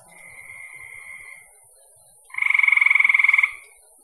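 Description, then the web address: Frog giving a fast, pulsed rattling trill lasting about a second, after a softer sustained trill. "cn frogs"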